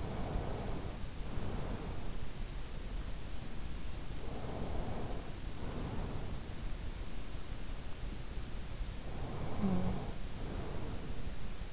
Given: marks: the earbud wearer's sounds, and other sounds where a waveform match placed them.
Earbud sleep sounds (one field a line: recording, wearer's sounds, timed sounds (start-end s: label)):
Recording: sounds in sleep by an in-ear microphone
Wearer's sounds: breath, snoring breath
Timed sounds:
0.00-2.35 s: breath
4.06-6.79 s: breath
9.00-11.73 s: snoring breath